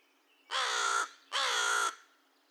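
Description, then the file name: American crow producing two hoarse, level caws back to back, each lasting about half a second, in otherwise quiet surroundings. Recorded 2 May 2020; the recording holds 22 caw-caws and one caw. "2020-05-02 American Crow cawcawsandonecaw"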